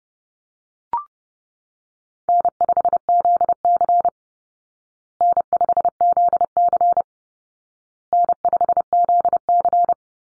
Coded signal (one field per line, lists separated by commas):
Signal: Morse code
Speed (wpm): 30 wpm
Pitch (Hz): 700 Hz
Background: none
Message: N5ZC N5ZC N5ZC